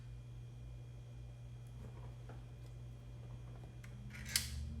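A second thin metal removal key is lined up and pushed into the other side of a car radio, with faint scraping ticks over a steady low hum. At 4.4 s it clicks sharply onto the release lever, releasing that side of the radio.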